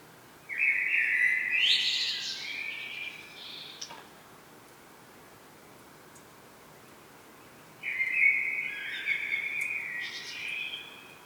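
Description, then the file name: Common blackbird song with two fluty phrases about seven seconds apart, each finishing in a shrill, squeaky twittering ending; quiet gap between. "Turdus merula"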